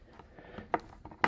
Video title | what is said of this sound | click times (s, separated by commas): http://www.laptopscreen.com/Hp envy 15 -k016nr | and it all just really pops in. | 0.7 s, 1.2 s